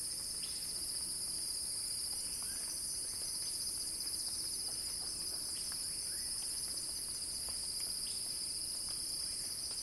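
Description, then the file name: Cicada drone, a dense high buzz that never pauses, with a few soft, scattered chirps underneath. Cicada song building in a crescendo. "earth-fm Axel-Drioli Cicada-Crescendo-Sounding-Wild"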